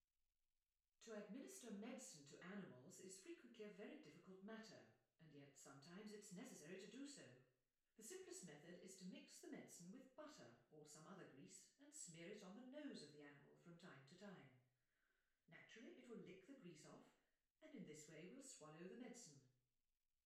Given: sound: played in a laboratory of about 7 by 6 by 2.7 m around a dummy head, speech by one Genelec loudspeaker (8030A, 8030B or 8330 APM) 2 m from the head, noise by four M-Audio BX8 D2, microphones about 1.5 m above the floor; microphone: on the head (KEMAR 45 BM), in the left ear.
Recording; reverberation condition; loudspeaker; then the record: female speech in English; medium; 60 degrees to the right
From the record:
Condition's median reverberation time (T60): about 510 ms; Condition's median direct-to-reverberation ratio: about -0.5 dB